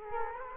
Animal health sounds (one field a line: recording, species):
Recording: mosquito wingbeat signal from an infrared sensor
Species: Culex quinquefasciatus